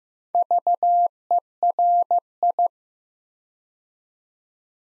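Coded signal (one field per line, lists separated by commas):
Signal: Morse code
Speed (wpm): 15 wpm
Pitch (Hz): 700 Hz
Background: none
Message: VERI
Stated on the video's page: Build-a-word copy practice at 15 wpm, with six-letter words sent two letters at a time.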